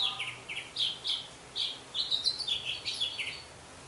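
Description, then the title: Orange-headed thrush singing a quick string of high, warbled notes and short slurs, the phrases tumbling together almost without pause. "Anis Merah"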